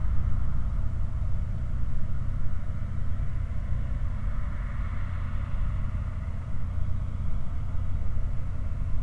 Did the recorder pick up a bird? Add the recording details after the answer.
no. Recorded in the Prudhoe Bay oil fields, Alaska, on 16 August 2019 at 04:47. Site 29